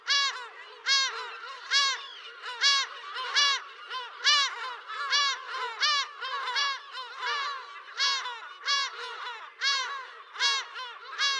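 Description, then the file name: Lesser black-backed gull calls: harsh, nasal yelping notes repeated in quick succession, a little irregular, in a steady, noisy series. "Silltrut"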